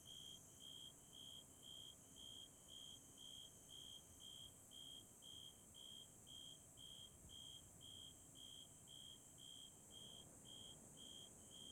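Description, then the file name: Bell cricket song: a long even series of high, clear ringing notes, roughly two each second, over continuous faint hiss. "鈴虫鳴き声"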